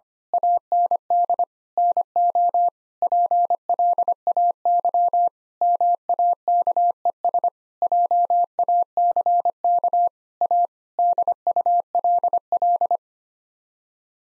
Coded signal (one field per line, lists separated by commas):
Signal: Morse code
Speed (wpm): 25 wpm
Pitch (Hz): 700 Hz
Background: none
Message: AND NO PLAY MAKES JACK A DULL